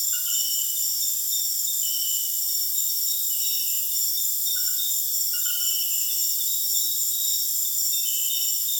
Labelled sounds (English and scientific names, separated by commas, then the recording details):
none
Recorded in dense forest near Puerto Asís, Putumayo, Colombia, on 23 June 2025 at 20:30
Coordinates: 0.484, -76.325
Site H65